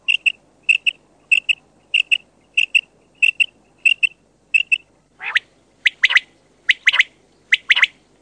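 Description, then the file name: Common quail: a quick two- or three-part note repeated evenly about every two-thirds of a second, then several sharper, sweeping notes. "QUAGLIA"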